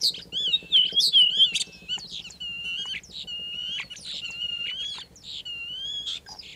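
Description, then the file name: Common starling song with long drawn wavering whistles broken by clicks and rattling bursts, a few slurred notes repeated. "kuldnokk"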